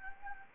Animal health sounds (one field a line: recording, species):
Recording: mosquito wingbeat signal from an infrared sensor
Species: Anopheles gambiae